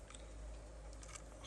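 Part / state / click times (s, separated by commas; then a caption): internal part going into an airsoft pistol frame / not seated / none. A small internal part is pushed into the metal frame of a Tokyo Marui airsoft gas blowback pistol (5.1 / 5KU) during reassembly, giving faint scraping and small tapping contacts around 0.1, 0.15, 0.9 and 1.0 s. The part sticks and does not go home, and nothing has seated or clicked yet.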